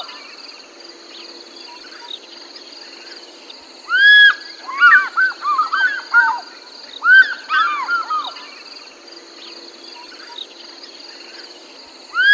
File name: african fish eagle